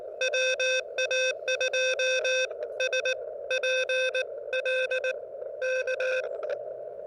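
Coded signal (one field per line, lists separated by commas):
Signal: Morse code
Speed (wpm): 20 wpm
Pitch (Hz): 520 Hz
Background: none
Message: WA2SPL K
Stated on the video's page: CW pile-up during a park activation, Elecraft KX2 with homebrew vertical whip and four radials, Bamatech TP III key, battery powered.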